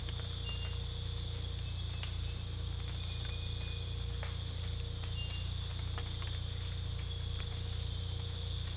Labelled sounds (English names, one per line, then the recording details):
none
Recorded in secondary vegetation near Puerto Asís, Putumayo, Colombia, on 18 December 2024 at 04:30
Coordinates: 0.484, -76.319
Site GP06